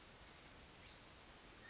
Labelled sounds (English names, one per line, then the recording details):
California Quail
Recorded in Sonoma County, California